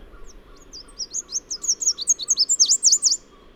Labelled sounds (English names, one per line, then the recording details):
Chestnut-capped Warbler song
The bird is a male
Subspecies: delattrii
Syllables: 19
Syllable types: 15
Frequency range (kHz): 3.2-9.5 kHz
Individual MA-SWR-M